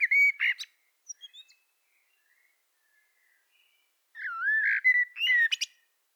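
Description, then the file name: Common blackbird song: a brief whistled opening, a long quiet gap with faint soft notes, then a full rich phrase finishing in high scratchy twitters. "Turdus merula"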